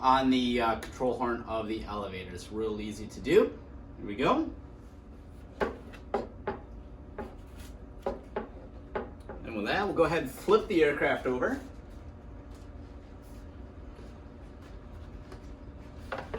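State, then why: Seated. On an E-Flite 1.5m P-51D BNF Basic RC airplane, the elevator control rod's clevis is slid onto the elevator's plastic control horn and popped into place while someone talks. A sharp snap at 6.1 s marks it seating, followed by a few lighter handling taps and more talking.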